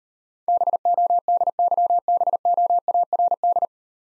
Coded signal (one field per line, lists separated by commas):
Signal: Morse code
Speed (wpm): 39 wpm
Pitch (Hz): 700 Hz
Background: none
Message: BODYBOARD